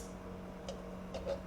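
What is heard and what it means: A plastic part on a transforming robot figure's body panel is swung 180 degrees around and its plastic clasp is pressed closed at the connection point. A short, sharp tick at 0.7 s marks the clasp clicking shut and seating, followed by a couple of fainter ticks around 1.2 and 1.3 s against a steady low hum.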